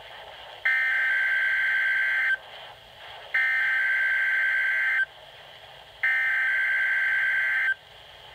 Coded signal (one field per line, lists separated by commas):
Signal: Emergency Alert System (SAME) tones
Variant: header bursts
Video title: NOAA Radio (EAS 49, 50) Required Weekly Tests